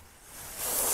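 A plastic strap clip is pushed toward its mount on an ultralight backpack during assembly. Only soft rustling handling noise is heard, growing louder and brighter after about 0.6 s. Nothing has seated or clicked yet.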